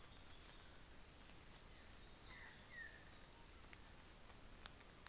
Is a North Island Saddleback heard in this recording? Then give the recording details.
no. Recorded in New Zealand on 24 December 2018. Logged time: 09:00